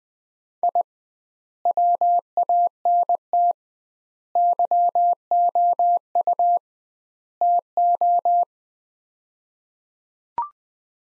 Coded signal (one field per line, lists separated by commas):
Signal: Morse code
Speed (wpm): 20 wpm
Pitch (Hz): 700 Hz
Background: none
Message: I WANT YOU TO